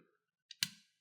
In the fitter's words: there it is hear it here the click done